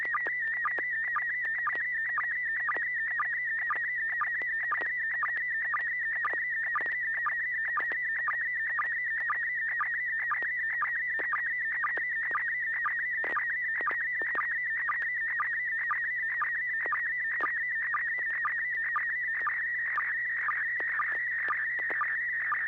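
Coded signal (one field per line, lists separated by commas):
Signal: SSTV (slow-scan television)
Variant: PD120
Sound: continuous warbling tone around 2 kHz with short lower sync blips about twice a second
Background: low hum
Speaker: good this is n6pgq and this is pd120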